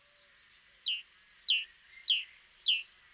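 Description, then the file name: Great tit calling: a short brisk sequence of high notes and lower falling slurs. "Parus major"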